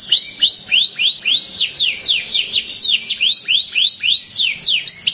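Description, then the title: Canary singing: bright upward-sweeping notes repeated several times per second in a steady, lively pulse. "Kenari"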